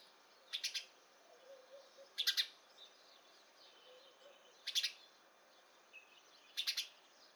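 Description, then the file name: House sparrow chirps: four short harsh bursts of a few quick notes each, quiet background with faint twittering. "Passer domesticus"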